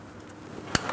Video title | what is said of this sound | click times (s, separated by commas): How to Replace Downstream O2 Oxygen Sensors 2003-2007 Cadillac CTS 3.6L V6 | Once you have it pressed together, you should hear an audible click. | 0.8 s